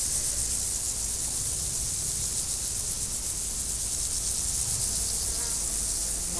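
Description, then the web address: Insects buzzing in a steady high-pitched chorus, a continuous shimmering hiss with faint rapid pulsing throughout, no other clear sounds. Insects recorded in nature at Várbóc. "rovarok. 2014 varbocotelhagyva"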